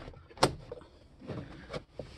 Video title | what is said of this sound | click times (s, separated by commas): 2019 Mercedes Sprinter Headliner Removal | reach in here there's a pop clip right here you're gonna hear pop | 0.4 s